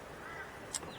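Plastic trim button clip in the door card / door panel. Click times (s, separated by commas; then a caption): 0.8 s. On a 1999 Mitsubishi Lancer CC, a pry tool is worked under a plastic push-button trim clip on the driver's door card and twisted. The clip releases from the metal door panel with a sharp snap at 0.8 s over low background noise. The clip is released.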